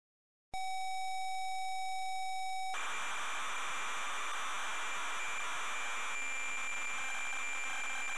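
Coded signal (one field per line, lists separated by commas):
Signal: computer data on cassette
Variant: Amstrad CPC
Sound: steady pure lead tone about two seconds, then loud harsh buzzing data noise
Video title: Darkman (Amstrad CPC) - Full tape loading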